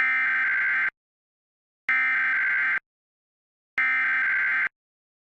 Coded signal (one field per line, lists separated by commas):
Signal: Emergency Alert System (SAME) tones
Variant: header bursts